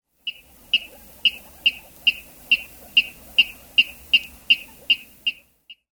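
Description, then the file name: Water rail calls: a sharp, high ticking note repeated steadily about a dozen times, then a final isolated tick after a short pause. "Wasserralle Rallus aquaticus"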